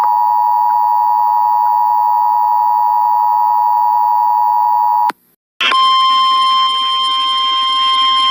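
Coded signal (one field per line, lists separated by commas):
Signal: Emergency Alert System (SAME) tones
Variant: 853 and 960 Hz attention tone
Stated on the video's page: Simulated recreation of a flash flood warning as it might have aired on 97.1 KFTK-FM; not actually received.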